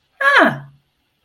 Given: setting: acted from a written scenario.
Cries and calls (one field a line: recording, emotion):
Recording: vocal sound without words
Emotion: triumph